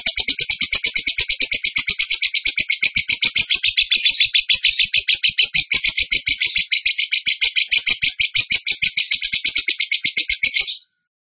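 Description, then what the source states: Bird song: a rapid, high-pitched trill of sharp repeated notes pouring out without a break for about eleven seconds, then stopping abruptly. Training song for songbirds, in the tembakan gacor style.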